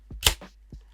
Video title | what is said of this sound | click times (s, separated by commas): The Complete Camera Quick Release System - Flacam x Ulanzi F38 | When you hear it click, then it's solid. | 0.3 s